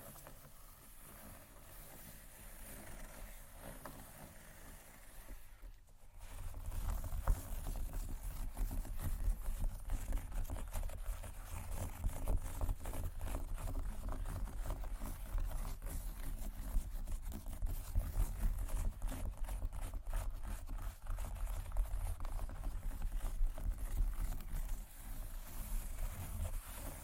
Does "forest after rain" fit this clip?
no